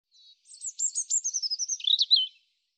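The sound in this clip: European robin song: one thin opening note followed by a quick, varied string of high notes.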